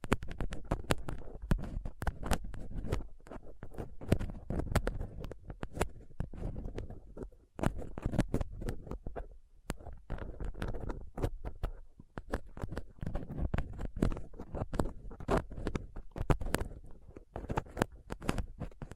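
A dental pick, tweezers and a cotton swab scrape and pick over a rough mic surface, making a dense, busy stream of scratchy clicks and rubbing. Sharp ticks come irregularly throughout over a low rumbling scuff, with a brief lull near seven and a half seconds.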